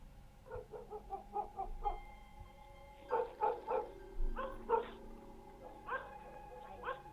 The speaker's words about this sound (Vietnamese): Bỗng nhiên, chó nhà bên kia sủa gằn lên từng tiếng.